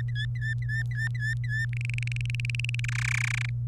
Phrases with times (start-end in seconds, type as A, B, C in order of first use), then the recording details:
0.00-1.66 A, 1.73-2.80 B, 2.84-3.49 C. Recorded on 26 April 2018 at 18:18. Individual llb3